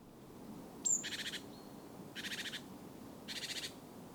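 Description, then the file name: Great tit churring call: a thin high note, then three dry, pulsed rattles spaced just over a second apart, with low background rumble. "Parus major"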